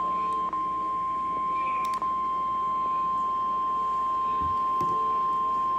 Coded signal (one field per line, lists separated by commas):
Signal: Emergency Alert System (SAME) tones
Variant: 1050 Hz attention tone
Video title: 50 SHADES OF GRAY MAINE... Severe Weather EAS Alerts from August 4th-5th, 2024 (EAS #1,270-1,316)